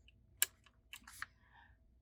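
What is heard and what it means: A loaded metal bobbin case, with its lever held open, is pushed into the shuttle of a vintage Singer model 301 sewing machine and seats with one sharp metallic click at 0.4 s. A few softer clicks and light rattles follow before the bobbin case is in place.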